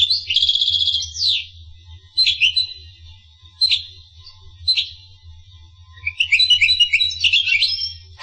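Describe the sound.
Finch song: short high chirps and bursts of twitter separated by pauses, then a fast jumbled warble near the end, over a faint low hum.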